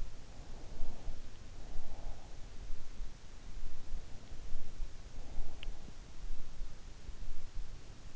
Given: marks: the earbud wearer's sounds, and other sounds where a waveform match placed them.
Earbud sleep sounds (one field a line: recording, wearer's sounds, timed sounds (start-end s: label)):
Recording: sounds in sleep by an in-ear microphone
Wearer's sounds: breath, teeth grinding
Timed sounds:
0.00-2.85 s: breath
3.75-5.75 s: breath
5.26-6.24 s: teeth grinding